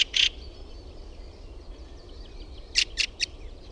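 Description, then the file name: Fieldfare giving harsh, rattling chack notes: a quick double burst at the start, then a run of three after a pause. "RAKATTIRASTAS"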